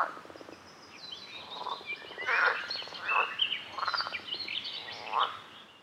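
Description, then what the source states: Pulsed frog croaks in short bursts at irregular intervals, mixed with many high chirping and twittering sounds above the calls. Recorded at a lake.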